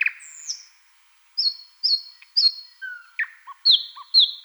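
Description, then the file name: Thrush nightingale song: a high descending whistle, then a string of sharp repeated notes, with lower slurred whistles and short dropping notes. "solovey obyknovennyy golos"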